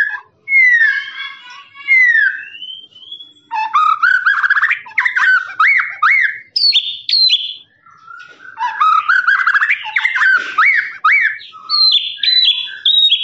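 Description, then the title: Lovebird song: a few slurred whistles, then dense runs of sharp rising chirps and rattles that continue in long bursts with brief breaks. Lovebird's long ngekek trill, master recording used for training birds. "FULL DURASI MASTERAN LOVEBIRD NGEKEK PANJANG"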